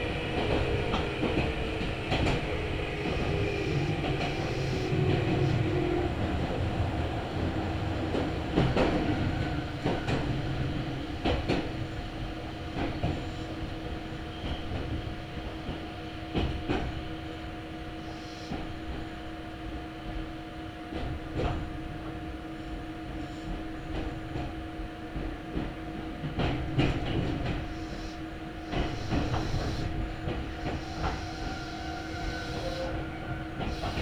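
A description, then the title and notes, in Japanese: A local train rolls along with a steady rumble, sharp rail-joint clacks every few seconds, and a faint motor whine rising and falling. 名古屋鉄道各務原線 新加納→犬山 普通列車。だいぶ日も西に傾いてきた頃です。細かく停車していきます。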